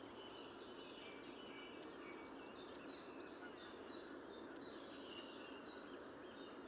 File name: Troglodytes troglodytes